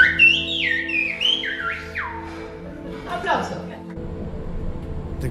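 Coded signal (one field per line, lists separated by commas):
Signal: whistled language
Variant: Silbo Gomero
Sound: a piercing whistle gliding up and down between high and mid pitches, speech-like phrasing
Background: low engine hum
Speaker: now we are all ready for demonstration of Silva Romero the whistled language of the island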